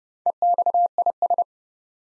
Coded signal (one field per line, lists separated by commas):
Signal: Morse code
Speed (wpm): 30 wpm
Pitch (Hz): 700 Hz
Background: none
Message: EXIS